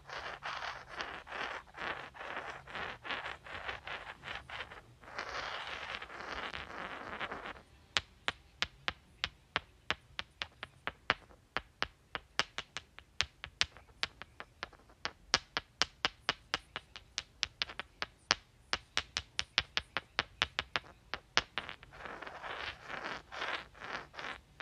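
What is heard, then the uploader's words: Rocks rub with a gritty scraping for about eight seconds, then click together in sharp rapid taps, and the scraping returns near the end. Clicking and Rubbing Rocks.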